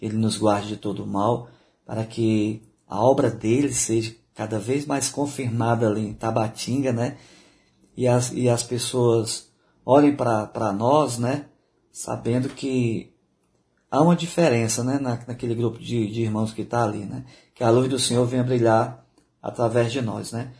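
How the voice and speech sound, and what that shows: A man speaking Portuguese with word and syllable repetitions, drawn-out sounds and hesitant pauses: mild stuttering.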